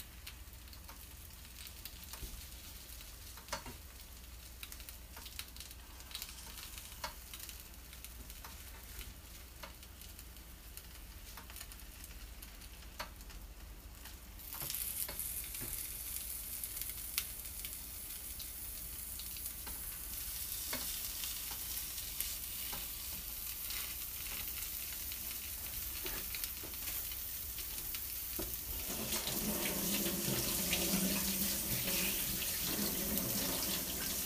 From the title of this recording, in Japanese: お好み焼きを焼く